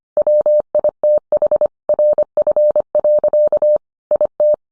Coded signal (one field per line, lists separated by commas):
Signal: Morse code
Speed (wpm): 25 wpm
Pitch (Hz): 600 Hz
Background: none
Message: WITH RF. IT